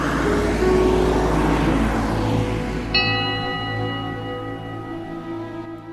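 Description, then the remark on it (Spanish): A line bus engine runs with a steady, loud low rumble throughout, and a thin high-pitched whine joins in about halfway through and holds on to the end. “Os invita a sentaros junto a él en ese autobús.”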